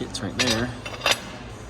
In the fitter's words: But that sucker locks in place perfectly.